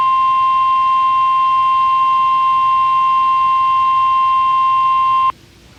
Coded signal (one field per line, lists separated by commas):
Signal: Emergency Alert System (SAME) tones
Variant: 1050 Hz attention tone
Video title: EAS 441-444: Direct Audio - WXK67 FFWs While I Was Sleeping